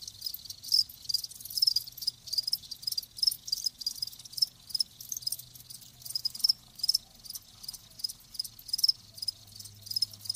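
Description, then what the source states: Crickets chirping, fast high pulsed notes, plus a faint low hum underneath. Live crickets chirping in a lulling song.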